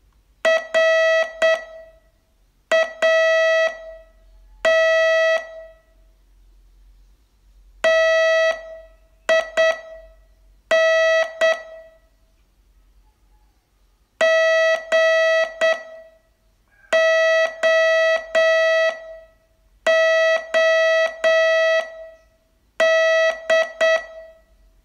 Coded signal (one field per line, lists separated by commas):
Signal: Morse code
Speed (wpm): 8 wpm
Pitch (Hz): 650 Hz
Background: none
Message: RAT TIN GOOD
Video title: Learn Morse in 42 Days from VU2LAU - day 23 test